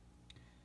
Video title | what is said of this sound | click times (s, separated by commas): Monogram Messerschmitt ME109 Restore | and unfortunately it doesn't stay snapped on anymore and I was always a real stickler about having the propellers | 0.3 s